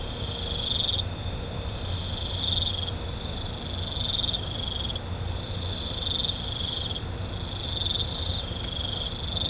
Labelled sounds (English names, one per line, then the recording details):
none
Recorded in pastures near Puerto Asís, Putumayo, Colombia, on 16 December 2024 at 01:30
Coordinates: 0.502, -76.324
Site G077